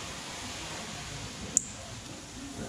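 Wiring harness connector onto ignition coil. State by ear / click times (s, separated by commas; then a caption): seated / 1.6 s. An electrical wiring harness connector is pushed back onto an ignition coil on a Ford F250 engine, with a steady broadband hiss underneath. A single sharp, bright click sounds at 1.6 s as the connector snaps into place, confirming it is seated.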